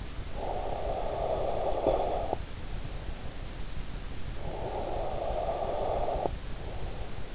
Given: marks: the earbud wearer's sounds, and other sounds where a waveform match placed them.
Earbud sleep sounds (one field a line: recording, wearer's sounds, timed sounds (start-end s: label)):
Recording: sounds in sleep by an in-ear microphone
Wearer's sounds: breath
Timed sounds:
0.23-2.64 s: breath
4.19-7.35 s: breath